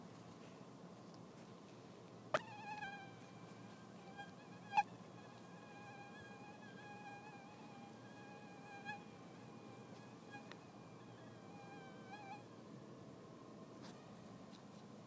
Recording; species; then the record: mosquito flight sound by mobile phone; Anopheles stephensi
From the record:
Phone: iPhone 6